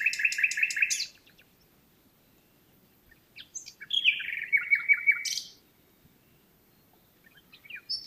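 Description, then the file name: Common nightingale song: a fast repeated trill, then varied chirps and a sustained level whistle, with long silent gaps. "Luscinia megarhynchos"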